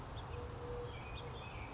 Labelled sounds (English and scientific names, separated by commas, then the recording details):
Eurasian Collared Dove (Streptopelia decaocto)
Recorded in Sonoma County, California